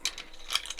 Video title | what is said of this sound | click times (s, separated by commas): Build the 89 Batmobile stages 3 to 5 from Fanhome | through there like so. That just clicks into place. Excellent. | 0.1 s, 0.6 s